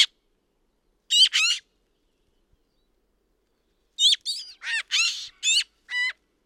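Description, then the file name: Eurasian magpie giving harsh, rattling chattering calls in short bursts, two near the start and a rapid series of several after a pause. "Pica pica"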